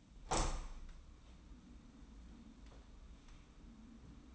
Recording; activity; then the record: daily activity, microphone in the room; open window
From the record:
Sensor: 1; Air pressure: 994.4 hPa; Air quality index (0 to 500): 216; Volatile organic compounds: 1000 ppm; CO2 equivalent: 7763 ppm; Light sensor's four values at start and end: 84/187/84/91 and 85/191/86/93